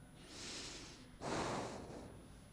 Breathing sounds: one breath in and out by a microphone near the nose and mouth; deep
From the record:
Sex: male

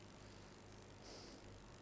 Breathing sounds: one breath in and out by a microphone near the nose and mouth; normal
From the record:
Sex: male

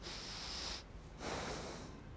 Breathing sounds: one breath in and out by a microphone near the nose and mouth; deep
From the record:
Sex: male

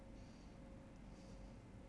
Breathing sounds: one breath in and out by a microphone near the nose and mouth; normal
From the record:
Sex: male

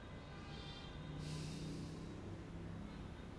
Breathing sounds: one breath in and out by a microphone near the nose and mouth; normal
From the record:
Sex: male

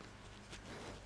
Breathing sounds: one breath in and out by a microphone near the nose and mouth; strong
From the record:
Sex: male

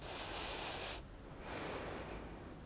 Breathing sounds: one breath in and out by a microphone near the nose and mouth; deep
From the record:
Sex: female

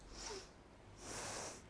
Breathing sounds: one breath in and out by a microphone near the nose and mouth; deep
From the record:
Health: marked as sick, illness not named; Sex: female

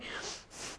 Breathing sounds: one breath in and out by a microphone near the nose and mouth; strong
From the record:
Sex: female

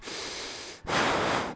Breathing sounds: one breath in and out by a microphone near the nose and mouth; strong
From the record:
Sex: male

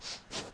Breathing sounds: one breath in and out by a microphone near the nose and mouth; strong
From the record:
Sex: male

